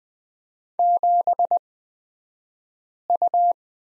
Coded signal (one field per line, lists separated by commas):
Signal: Morse code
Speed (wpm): 20 wpm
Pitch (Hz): 700 Hz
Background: none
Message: 7U